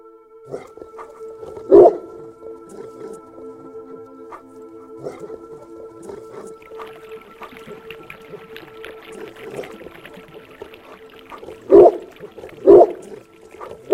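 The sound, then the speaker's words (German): A big dog with pointed ears, grey fur and a gold-studded collar lets out deep, booming barks at dusk in answer to a whistle: one near the start, then a pair close together later, over a steady low hum and faint rustling. “Als Antwort erscholl in der Dämmerung tiefes Gebell, und aus dem Garten kam ein mächtiger Hund mit spitzen Ohren, grauem Fell und einem Halsband mit Goldbeschlägen auf den Balkon gesprungen.”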